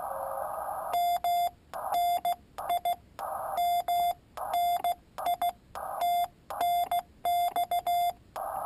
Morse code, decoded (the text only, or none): MNI MNI TNX